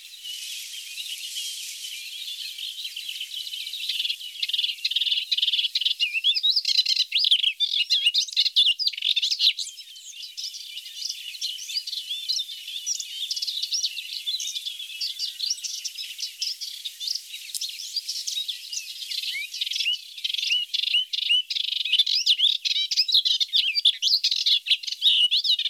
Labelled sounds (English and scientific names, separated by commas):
Melodious Warbler (Hippolais polyglotta) song